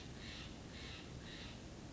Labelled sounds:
Steller's Jay
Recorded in Sonoma County, California

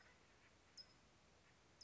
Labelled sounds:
California Towhee
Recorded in Sonoma County, California

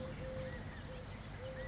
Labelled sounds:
California Quail
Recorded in Sonoma County, California

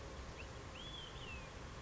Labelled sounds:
Olive-sided Flycatcher
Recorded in Sonoma County, California

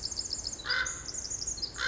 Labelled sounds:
Pacific Wren
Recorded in Sonoma County, California

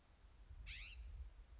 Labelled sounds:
California Scrub-Jay
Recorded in Sonoma County, California

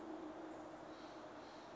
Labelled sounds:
Steller's Jay
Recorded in Sonoma County, California

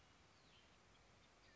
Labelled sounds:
Red-winged Blackbird
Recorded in Sonoma County, California

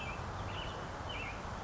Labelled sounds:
Western Tanager
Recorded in Sonoma County, California

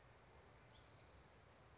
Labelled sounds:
California Towhee
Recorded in Sonoma County, California

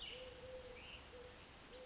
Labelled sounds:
Eurasian Collared Dove
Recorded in Sonoma County, California

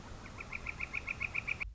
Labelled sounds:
Northern Flicker
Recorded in Sonoma County, California

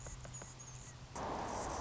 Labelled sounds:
Anna's Hummingbird
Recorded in Sonoma County, California

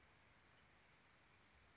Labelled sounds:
Bewick's Wren
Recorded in Sonoma County, California

